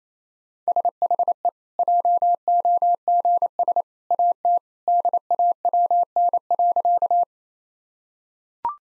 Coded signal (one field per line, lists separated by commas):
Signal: Morse code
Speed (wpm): 27 wpm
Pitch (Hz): 700 Hz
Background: none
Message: SHE JOGS AT DAWN.